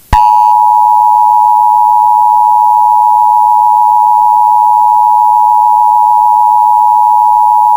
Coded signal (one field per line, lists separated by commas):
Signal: Emergency Alert System (SAME) tones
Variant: 853 and 960 Hz attention tone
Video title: Emergency Alert System in Heat Map